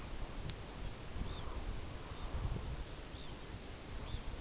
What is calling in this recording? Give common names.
Red Phalarope